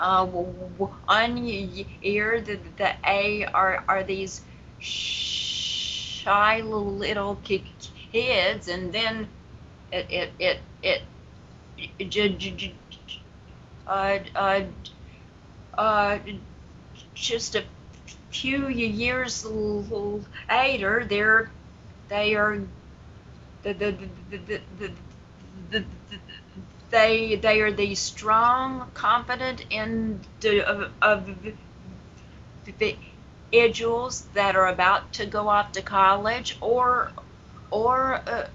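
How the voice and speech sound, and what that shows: Adult woman who stutters speaking, with frequent pauses, prolonged sounds and repeated syllables and words, such as "the, the" and "they, they", and blocked starts before words. She has attended stuttering self-help conferences for about 25 years.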